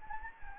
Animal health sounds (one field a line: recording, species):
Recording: mosquito wingbeat signal from an infrared sensor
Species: Anopheles gambiae